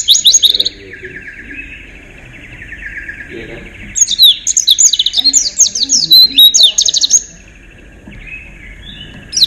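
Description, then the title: White-eye singing in high, sharp bursts of quick chirps and slurred whistles, loudest in a fast run midway, with quieter twittering and a faint steady hum between. "Pleci. Kudus"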